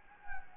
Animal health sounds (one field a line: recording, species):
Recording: mosquito wingbeat signal from an infrared sensor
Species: Anopheles gambiae